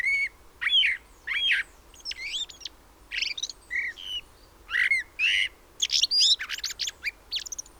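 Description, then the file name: Common blackbird producing loud, clear chirps and squeaky upslurred notes in spaced bursts, ending in a dense cluster of sharp high notes. "Turdus merula"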